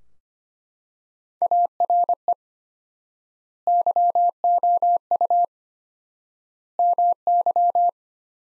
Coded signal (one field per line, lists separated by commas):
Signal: Morse code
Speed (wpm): 25 wpm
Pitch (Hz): 700 Hz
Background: none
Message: ARE YOU MY